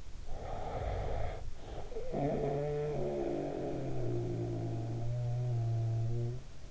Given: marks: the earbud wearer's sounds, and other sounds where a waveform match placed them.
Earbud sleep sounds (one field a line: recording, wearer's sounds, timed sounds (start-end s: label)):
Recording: sounds in sleep by an in-ear microphone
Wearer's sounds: breath, snoring breath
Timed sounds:
0.14-2.07 s: breath
2.07-6.71 s: snoring breath